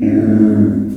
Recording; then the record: squeal of a Yucatan mini pig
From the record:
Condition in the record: after surgery on the right vocal fold (resection and tissue-engineered implant); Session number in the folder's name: 4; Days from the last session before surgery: 26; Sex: female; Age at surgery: 19 weeks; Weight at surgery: 25 kg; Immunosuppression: prednisolone